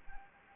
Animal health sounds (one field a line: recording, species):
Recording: mosquito wingbeat signal from an infrared sensor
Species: Anopheles gambiae